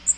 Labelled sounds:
Magnolia Warbler (Setophaga magnolia) flight call

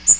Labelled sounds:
Magnolia Warbler (Setophaga magnolia) flight call

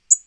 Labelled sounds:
Tennessee Warbler (Leiothlypis peregrina) flight call

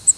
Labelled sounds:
Cape May Warbler (Setophaga tigrina) flight call

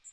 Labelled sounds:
Magnolia Warbler (Setophaga magnolia) flight call

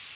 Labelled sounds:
Blackburnian Warbler (Setophaga fusca) flight call

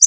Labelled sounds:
Connecticut Warbler (Oporornis agilis) flight call

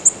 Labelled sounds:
Black-throated Green Warbler (Setophaga virens) flight call

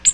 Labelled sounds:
Ovenbird (Seiurus aurocapilla) flight call

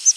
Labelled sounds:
Palm Warbler (Setophaga palmarum) flight call

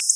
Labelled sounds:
Black-throated Blue Warbler (Setophaga caerulescens) flight call

